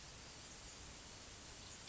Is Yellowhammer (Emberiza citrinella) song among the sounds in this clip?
no